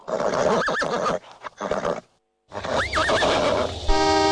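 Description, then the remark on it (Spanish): A cart horse that has balked and refuses to move neighs loudly twice, each whinny a shrill, wavering cry that rises and falls, separated by a brief silence, with a harsh buzzing tone at the very end. “Pará, pibe, se le empacó el caballo.”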